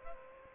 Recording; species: mosquito wingbeat signal from an infrared sensor; Aedes aegypti